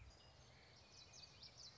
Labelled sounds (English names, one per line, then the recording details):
Common Yellowthroat
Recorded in Sonoma County, California